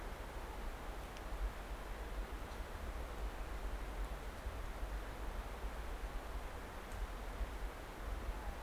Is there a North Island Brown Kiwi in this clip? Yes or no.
no